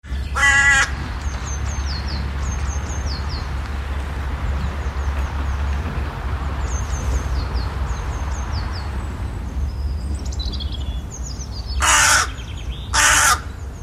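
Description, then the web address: Bird giving harsh, raspy caw-like calls: one at the start, then two more near the end, with thin high chirps from other birds and a steady low rumble throughout. "Deverinetal 2025 File origin Bird Only"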